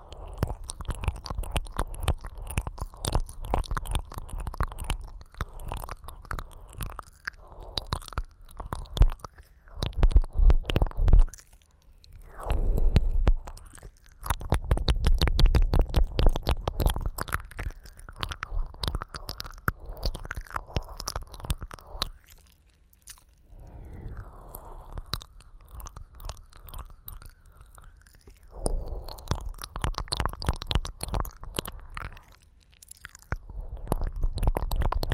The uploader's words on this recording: ASMR×黑3Dio. 耳舐め | Ear Licking.